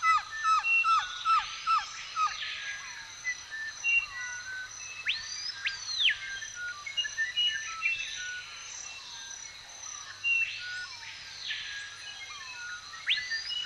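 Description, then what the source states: Bird chorus: quick runs of falling chirps and broad arched sweeping whistles recurring every few seconds. Recorded in a forest.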